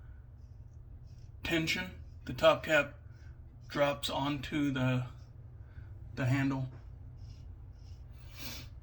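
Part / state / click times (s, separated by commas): safety razor top cap onto handle / not seated / none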